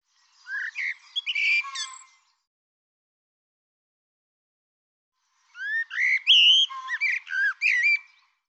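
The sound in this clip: Bird song in two phrases of whistled notes mixed with quick twittering, separated by a long silence, the second phrase longer.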